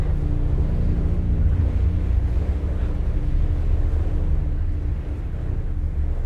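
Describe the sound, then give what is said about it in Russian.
Blizzard wind in the taiga roars in a dense, steady, low rumble with a hissy edge, loud throughout and dipping only slightly near the end; no voices. “Тайга. Метель усиливается.”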